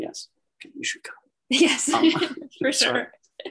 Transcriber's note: laughs